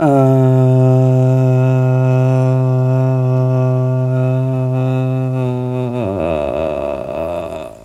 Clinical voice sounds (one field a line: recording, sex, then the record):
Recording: sustained vowel /a/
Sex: male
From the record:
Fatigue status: fatigue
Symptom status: symptomatic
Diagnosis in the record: COVID-19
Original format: m4a